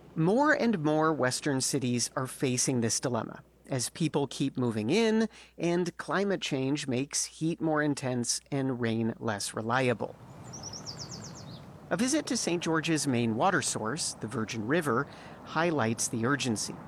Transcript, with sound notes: More and more western cities are facing this dilemma as people keep moving in and climate change makes heat more intense and rain less reliable.
(SOUNDBITE OF BIRDS CHIRPING)
A visit to St. George's main water source, the Virgin River, highlights the urgency.